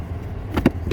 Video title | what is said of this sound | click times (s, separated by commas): 2020 Kia Sedona Cabin Filter Replacement / location | you're just gonna turn it clockwise. You hear it click. | 0.7 s, 0.9 s